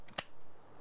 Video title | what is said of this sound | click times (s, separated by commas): JUST ASK BOB Season 2, Show #5 Oct 2012 Tool Demonstration | push back down lock that's as easy as it is okay now | 0.2 s